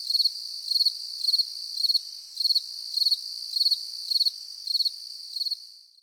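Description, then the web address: Cricket chirping, short pulsed trills repeated roughly every half second, fading out at the end. "mundo dos sons cigarras e grilos"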